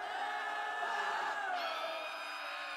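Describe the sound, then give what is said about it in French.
A crowd of many beings in a cave screams and wails in pain and terror as a phosphorus flare is fired into it, a dense, steady wall of high, strained cries with pitches sliding and overlapping for nearly three seconds. “Un concert de hurlements de douleur et de terreur s'éleva.”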